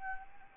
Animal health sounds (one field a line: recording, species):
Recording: mosquito wingbeat signal from an infrared sensor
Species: Anopheles arabiensis